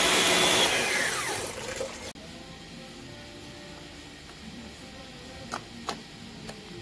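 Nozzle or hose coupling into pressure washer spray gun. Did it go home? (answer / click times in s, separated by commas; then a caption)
yes / 5.9 s. A nozzle or hose coupling is pushed into the spray gun of an APR AP73 two-speed jet cleaner pressure washer. A loud rushing roar fades out over the first two seconds, leaving a quiet hiss, then a small tap at 5.5 s and a sharp click at 5.9 s. The fitting clicks in and is seated.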